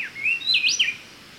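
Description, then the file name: Speckle-breasted wren with one brisk phrase of bright whistles that drop, then climb and dip again, ending abruptly against faint background hiss. "Pheugopedius sclateri - Speckle-breasted Wren"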